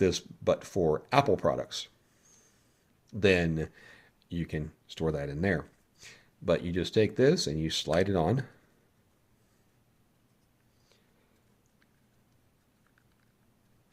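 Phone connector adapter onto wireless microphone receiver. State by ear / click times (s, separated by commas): not seated / none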